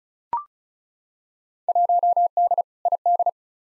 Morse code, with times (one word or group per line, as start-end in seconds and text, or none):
1.7-2.6 1D
2.9-3.3 ID